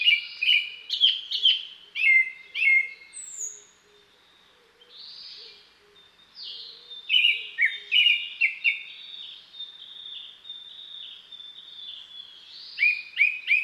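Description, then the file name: Japanese thrush singing in three bursts of varied, rich whistles and short repeated notes, separated by quieter stretches of soft, high warbling. "kurotsugumi"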